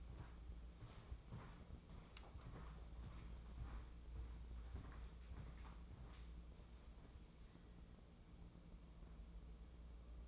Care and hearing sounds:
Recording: daily activity, microphone in the room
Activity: walk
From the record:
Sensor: 1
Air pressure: 996.0 hPa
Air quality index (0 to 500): 240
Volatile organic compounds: 1000 ppm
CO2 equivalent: 7018 ppm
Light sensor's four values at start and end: 37/92/39/48 and 38/96/40/49

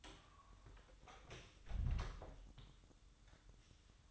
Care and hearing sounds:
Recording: daily activity, microphone in the room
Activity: close door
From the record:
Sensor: 3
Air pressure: 1004.9 hPa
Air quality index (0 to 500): 74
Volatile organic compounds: 2 ppm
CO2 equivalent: 1117 ppm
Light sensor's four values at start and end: 9/20/8/8 and 9/20/8/8

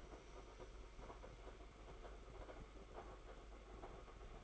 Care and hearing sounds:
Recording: daily activity, microphone in the room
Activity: make coffee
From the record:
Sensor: 5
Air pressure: 991.0 hPa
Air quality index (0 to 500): 142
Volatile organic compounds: 116 ppm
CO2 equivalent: 3852 ppm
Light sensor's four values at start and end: 37/115/44/47 and 37/115/44/46

